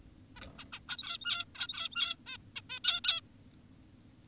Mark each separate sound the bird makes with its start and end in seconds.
0.36-0.40, 0.58-0.65, 0.73-0.80, 0.89-1.45, 1.55-2.16, 2.27-2.38, 2.56-2.62, 2.70-2.80, 2.84-3.01, 3.04-3.21